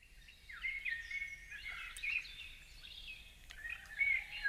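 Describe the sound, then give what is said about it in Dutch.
A steady chorus of birds whistling and chirping in overlapping high-pitched phrases, with a faint continuous buzz of crickets running underneath and a low rumble at the bottom. “Het is vandaag Wereldluisterdag, dus zet je wekkerradio's uit en luister naar de fluitende vogels en krakende krekels in plaats van je favoriete podcast.”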